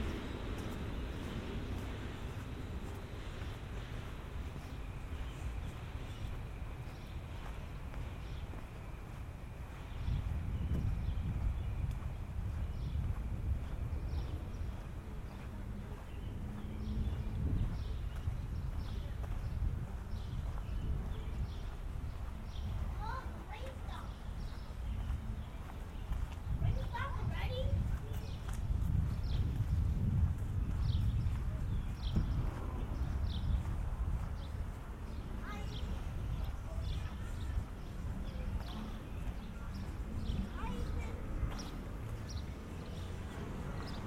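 A walk through suburban streets, with a steady low rumble of traffic throughout that swells around 10 to 13 seconds and again near 27 to 33 seconds as vehicles pass. Footsteps tick along regularly, and a few brief rising chirps cut through midway.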